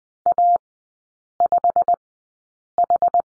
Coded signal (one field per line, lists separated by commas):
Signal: Morse code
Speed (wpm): 20 wpm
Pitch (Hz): 700 Hz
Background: none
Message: A5H